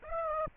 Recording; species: mosquito wingbeat signal from an infrared sensor; Aedes aegypti